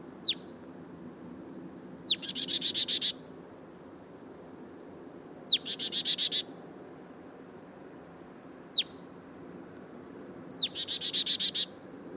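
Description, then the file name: Marsh tit calling with sharp, high downward-sweeping notes, some followed by rapid buzzy chattering runs, spaced a few seconds apart. "Poecile palustris"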